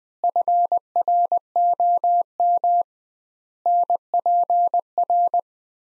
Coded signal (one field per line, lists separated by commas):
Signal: Morse code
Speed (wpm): 20 wpm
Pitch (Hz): 700 Hz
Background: none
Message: FROM NPR